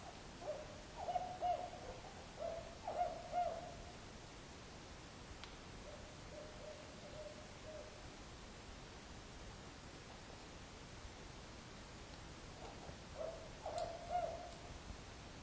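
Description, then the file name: Fulvous owl hooting, short series of low, mellow hoots in two bursts, with a long drawn-out note between and a steady background hiss. "Strix fulvescens S M Papalo"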